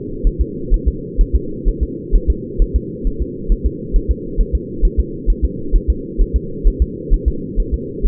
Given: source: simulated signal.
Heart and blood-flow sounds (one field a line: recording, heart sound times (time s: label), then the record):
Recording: fetal heart sounds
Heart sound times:
0.27 s: S1
0.41 s: S2
0.74 s: S1
0.88 s: S2
1.21 s: S1
1.35 s: S2
1.68 s: S1
1.83 s: S2
2.15 s: S1
2.30 s: S2
2.62 s: S1
2.76 s: S2
3.07 s: S1
3.22 s: S2
3.52 s: S1
3.66 s: S2
3.96 s: S1
4.11 s: S2
4.41 s: S1
4.55 s: S2
4.85 s: S1
5.00 s: S2
5.30 s: S1
5.44 s: S2
5.76 s: S1
5.90 s: S2
6.21 s: S1
6.36 s: S2
6.68 s: S1
6.82 s: S2
7.13 s: S1
7.28 s: S2
7.60 s: S1
7.74 s: S2
8.06 s: S1
From the record:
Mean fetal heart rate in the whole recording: 130 bpm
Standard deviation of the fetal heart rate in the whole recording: 4 bpm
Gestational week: 38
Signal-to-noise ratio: -4.3 dB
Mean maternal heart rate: 72 bpm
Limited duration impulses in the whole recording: absent